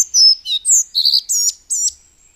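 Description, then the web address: Collared flycatcher song: a quick phrase of high, squeaky whistled notes in several short bursts with brief gaps. "agykontroll Madardalok Cd 1. Örvös légykapó"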